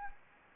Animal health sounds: mosquito wingbeat signal from an infrared sensor; Anopheles gambiae

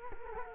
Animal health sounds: mosquito wingbeat signal from an infrared sensor; Culex quinquefasciatus

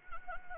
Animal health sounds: mosquito wingbeat signal from an infrared sensor; Anopheles gambiae

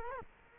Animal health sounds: mosquito wingbeat signal from an infrared sensor; Culex quinquefasciatus

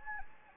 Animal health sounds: mosquito wingbeat signal from an infrared sensor; Anopheles gambiae

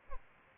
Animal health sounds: mosquito wingbeat signal from an infrared sensor; Aedes albopictus

